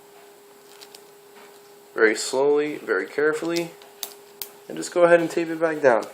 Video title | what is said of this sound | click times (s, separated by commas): How to Replace Laptop Screen for Pavilion G Series | let it click into place | 0.9 s